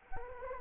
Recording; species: mosquito wingbeat signal from an infrared sensor; Anopheles arabiensis